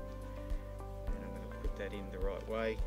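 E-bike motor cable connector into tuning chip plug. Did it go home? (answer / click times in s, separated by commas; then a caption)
no / none. Someone talks while turning the second e-bike motor cable connector round and checking the notch at the top to line it up before pushing it into the tuning chip plug on a 2021 Scott Ransom eRIDE with a Bosch CX Gen 4 motor. A steady tonal hum runs throughout, with soft low thumps roughly every half second. Nothing has clicked or seated yet.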